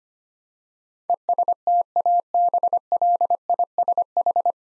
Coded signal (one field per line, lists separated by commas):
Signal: Morse code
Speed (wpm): 25 wpm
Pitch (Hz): 700 Hz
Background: none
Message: ESTABLISH